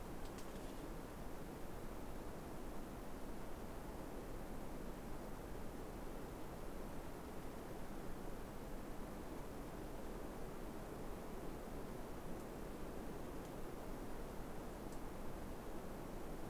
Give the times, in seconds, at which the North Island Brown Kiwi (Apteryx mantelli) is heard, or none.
none